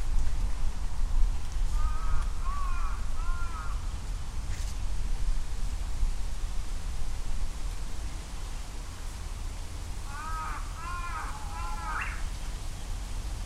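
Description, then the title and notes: Crow cawing in two bursts, the first of three harsh, ringing caws and the second of four, separated by a pause of several seconds, with a constant low rumble beneath. Recorded on a Sunday afternoon with a Sony PCM-M10 recorder and Micbooster Clippy EM172 stereo mics attached to a bicycle handlebar bag. "crow (karasu, カラス)"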